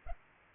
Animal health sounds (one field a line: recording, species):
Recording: mosquito wingbeat signal from an infrared sensor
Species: Culex pipiens